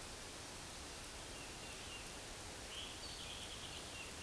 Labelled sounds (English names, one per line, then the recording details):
Eastern Towhee song
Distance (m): 100 m
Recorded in a Pennsylvania forest on 17 May 2023 at 13:59
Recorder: AudioMoth, point grid1_6_low
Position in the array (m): 131 m, 118 m